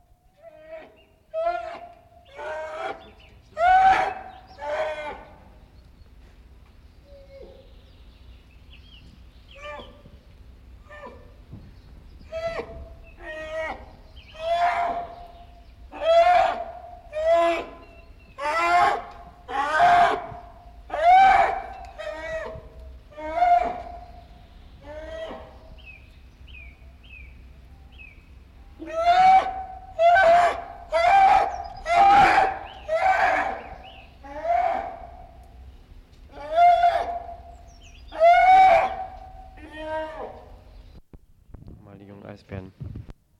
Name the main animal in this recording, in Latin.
Ursus maritimus